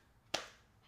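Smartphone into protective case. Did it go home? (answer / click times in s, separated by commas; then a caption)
yes / 0.3 s. An iPhone 15 Pro Max is pressed into a Moft Snap Case Movas snap-on protective case. A single sharp, bright click lands at 0.4 s and fades out within about a quarter second against an otherwise quiet background. The phone seats in the case with a pretty decent click.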